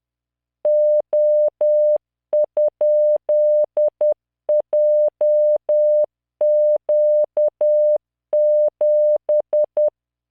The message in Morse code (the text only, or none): O?JQ7